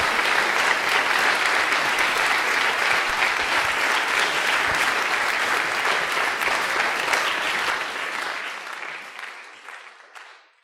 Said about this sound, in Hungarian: Köszönjük. Meg lehet tapsolni az előadókat.